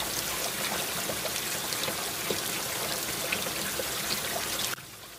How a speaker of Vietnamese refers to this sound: Đột nhiên trời đổ mưa rất lớn.